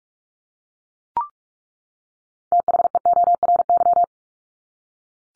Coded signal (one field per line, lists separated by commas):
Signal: Morse code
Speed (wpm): 44 wpm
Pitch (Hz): 700 Hz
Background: none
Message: THEORY